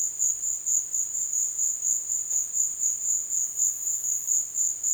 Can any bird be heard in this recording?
no